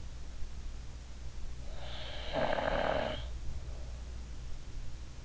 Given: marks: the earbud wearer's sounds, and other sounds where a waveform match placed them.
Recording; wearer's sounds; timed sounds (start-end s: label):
sounds in sleep by an in-ear microphone; snoring breath
1.66-3.18 s: snoring breath